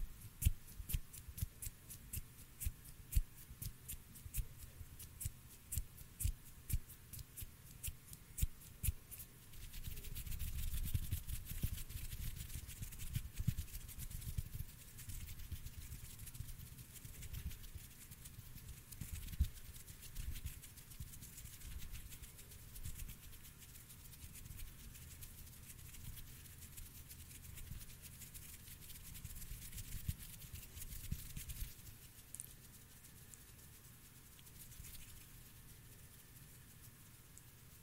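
Intense hand sounds: quick, dense rubbing and tapping, crisp and clicky for the first ten seconds. From about ten seconds the movement grows heavier and more continuous, with a low rumbling texture and scattered sharp clicks. It stays busy and uneven to the end.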